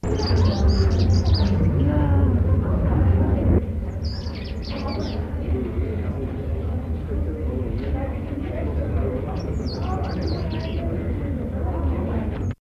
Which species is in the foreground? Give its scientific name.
Vidua regia